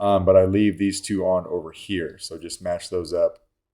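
A small magnet-held access door is lined up against a lightsaber chassis, ready to be pressed on. Someone talks throughout, and no clicks or impacts are heard. Nothing has seated or clicked yet.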